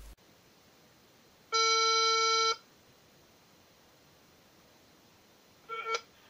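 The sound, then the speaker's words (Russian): A single steady, buzzy telephone ringing tone sounds for about a second over a quiet line hiss as a call is placed to the seller of a used car. After a pause comes a brief, rising electronic beep. “В общем, песенка стара, давайте позвоним и пообщаемся с ним теперь по телефону.”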